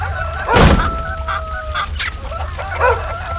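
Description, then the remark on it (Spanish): Chickens in a henhouse cluck and squawk in agitation: a loud, sharp outburst early on, followed by several shorter, choppy calls over a steady low rumble. “¿Qué le pasa a mis gallinas?”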